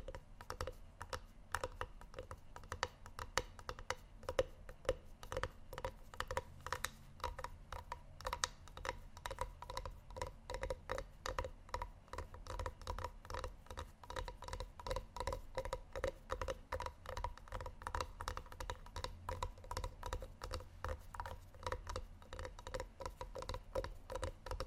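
Tapping only: a dense run of quick, sharp taps that keeps going for the whole clip, often in rapid bursts with only tiny gaps between them. The taps sound bright and crisp over a steady low hum, and they grow busier after about ten seconds.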